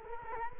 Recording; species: mosquito wingbeat signal from an infrared sensor; Culex quinquefasciatus